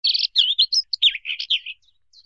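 Bird chirping in a rapid series of high, warbled notes, several quick bursts then a pause and one faint final note; no other sounds.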